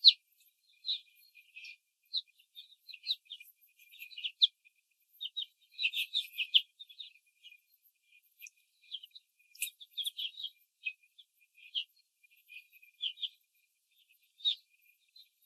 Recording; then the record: young laying hens in a cage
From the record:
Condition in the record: control cage, before the stress test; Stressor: none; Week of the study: 4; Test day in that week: 3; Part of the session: 3